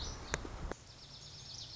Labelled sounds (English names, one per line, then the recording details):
Lazuli Bunting
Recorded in Sonoma County, California